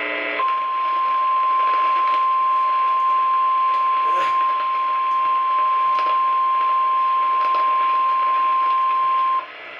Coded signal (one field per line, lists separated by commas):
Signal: Emergency Alert System (SAME) tones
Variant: 1050 Hz attention tone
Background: speech